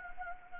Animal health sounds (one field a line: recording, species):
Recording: mosquito wingbeat signal from an infrared sensor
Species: Anopheles gambiae